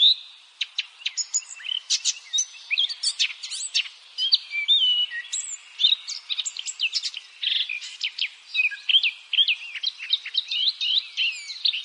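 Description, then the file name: Eurasian blackcap song, a continuous stream of quick chirps, clicks and warbled notes, evenly busy throughout. "Sylvia atricapilla"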